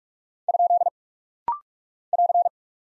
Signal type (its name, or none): Morse code